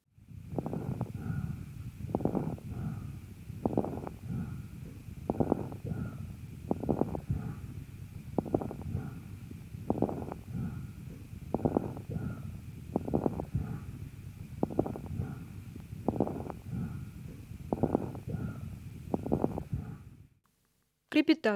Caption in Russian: На высоте вдоха, когда происходит расправление пораженных альвеол, возникает особый звук, напоминающий нежный треск. Крепитация, в отличие от хрипов, не изменяется после покашливания. После покашливания. Крепитация может быть выслушана на первой и третьей стадиях крупозной пневмонии, при бронхопневмонии, а также у пациентов с пневмосклерозом, компрессионным ателектазом и левожелудочковой сердечной недостаточностью.